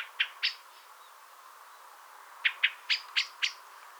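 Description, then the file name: Common blackbird calling with hard, abrupt chink notes, a pair first, then a hurried series of five after a gap of about two seconds. "Turdus merula"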